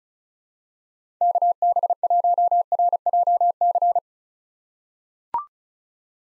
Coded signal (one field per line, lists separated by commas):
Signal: Morse code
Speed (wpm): 36 wpm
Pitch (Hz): 700 Hz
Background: none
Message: KB1RJC